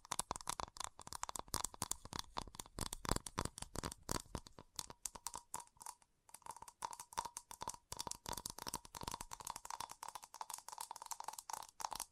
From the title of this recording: Fast Tapping